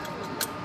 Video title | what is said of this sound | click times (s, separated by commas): Construction will NEVER be the same with this new tool | clicks right in ready to go | 0.4 s